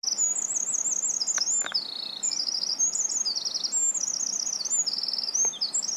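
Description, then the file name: Eurasian wren song, a long fast sequence of ringing trills and twittering notes, with a few brief clicks. "Troglodytes troglodytes"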